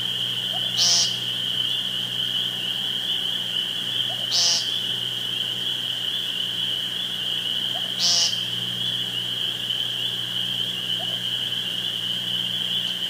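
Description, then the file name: Woodcock repeating its call about every three and a half seconds, low soft grunts then a sharp high squeak, over a steady hum. Recorded 2 June 2013 with a phone. "2013-06-02 Woodcocki Phone"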